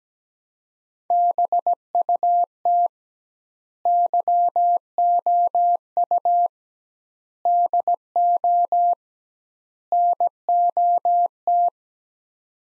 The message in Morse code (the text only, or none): BUT YOU DO NOT